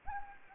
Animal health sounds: mosquito wingbeat signal from an infrared sensor; Anopheles gambiae

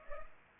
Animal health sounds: mosquito wingbeat signal from an infrared sensor; Culex pipiens

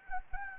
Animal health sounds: mosquito wingbeat signal from an infrared sensor; Anopheles gambiae

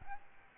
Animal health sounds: mosquito wingbeat signal from an infrared sensor; Aedes albopictus

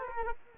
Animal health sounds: mosquito wingbeat signal from an infrared sensor; Culex quinquefasciatus

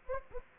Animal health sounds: mosquito wingbeat signal from an infrared sensor; Anopheles gambiae

